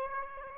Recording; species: mosquito wingbeat signal from an infrared sensor; Aedes aegypti